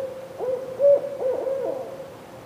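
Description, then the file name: Owl hooting: a steady mid-pitched tone held throughout, with a few wavering, bending notes over it and one brief louder swell early on. Recorded 30 October 2005. "20051030 owl"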